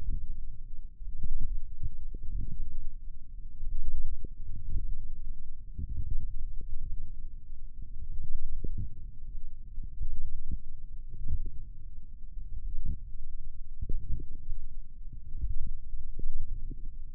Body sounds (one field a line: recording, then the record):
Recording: forearm muscle sounds (acoustic myography)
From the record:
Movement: wrist flexion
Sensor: system 1, eight BSWA MPA416 microphones around the upper forearm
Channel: 5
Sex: female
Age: 21 years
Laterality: right